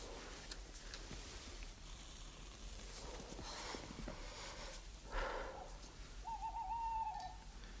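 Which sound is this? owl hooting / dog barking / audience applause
owl hooting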